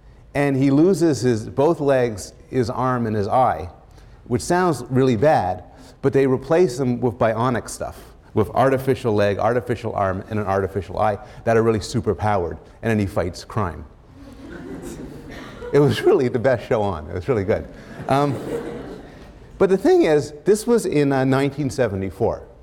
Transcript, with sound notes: and he loses his — both legs, his arm and his eye, which sounds really bad but they replace them with bionic stuff, with artificial leg, artificial arm and an artificial eye that are really super-powered. And then he fights crime. [laughter] It was [laughs] really the best show on. It was really good, [laughter] but the thing is this was in 1974.